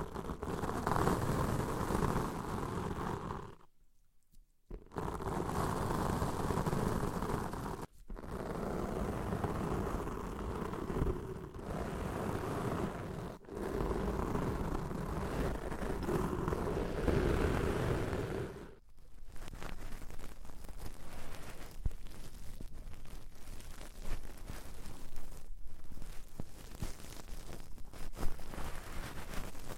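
Deep ear cleaning: dense, muffled rubbing and scraping fills the first part, broken by brief silent gaps near 4, 8, 13 and 19 seconds. After about 19 seconds the sound turns thinner and quieter, with sparse crackles and soft taps.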